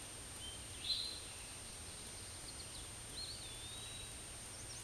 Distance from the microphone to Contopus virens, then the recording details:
about 70 m. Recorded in a Pennsylvania forest on 18 May 2023 at 06:35. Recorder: AudioMoth, point grid1_31_low. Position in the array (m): 168 m, 156 m